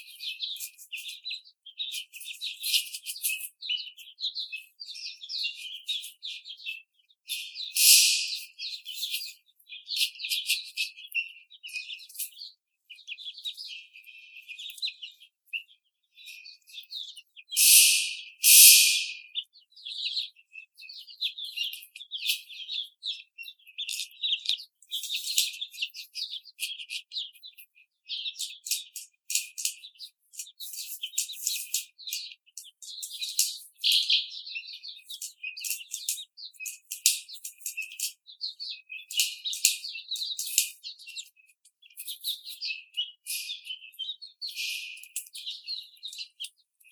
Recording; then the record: young laying hens in a cage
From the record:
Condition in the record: after the stressor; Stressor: simulated dog barking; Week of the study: 4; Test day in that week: 2